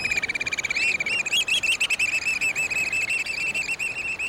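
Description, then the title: Black Oystercatcher piping: shrill whistled notes in a quick run at first, then a steady stream of ringing pipes with slight pauses between bursts. Piping call on a rocky Pacific coast shoreline. "BirdNote® Oystercatcher"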